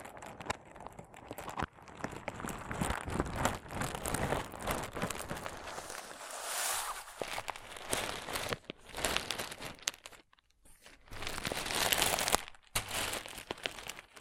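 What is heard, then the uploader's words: Crunchy slime is squeezed and pressed in dense bursts of crackling and popping, sharp clicks packed closely together through most of the clip. Around six to seven seconds it turns softer and smoother, and near ten seconds there is a brief near-silent pause before the crunching resumes. ASMR Satisfying Crunchy Slime (No Talking).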